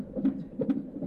A woman in her 20s, lies in a hospital bed in Kahranmanmaras, the city closest to the epicenter of the earthquakes that devastated southern Turkey on February 6. The sound of her baby's heartbeat fills the room. In 2 days, she will be 40 weeks, she tells the obstetrician as a nurse performs an ultrasound.